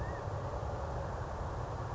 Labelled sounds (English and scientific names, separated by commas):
California Quail (Callipepla californica)